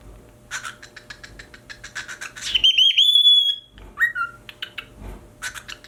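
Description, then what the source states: Cockatiel giving rapid scratchy chatter, then one long high clear whistle, a short falling whistle, and more chatter. Pied colour variety.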